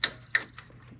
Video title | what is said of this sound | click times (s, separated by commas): 2024 Tacoma Lasfit LED Light Review and Install | Push them down. And only one snap down. | 0.0 s, 0.3 s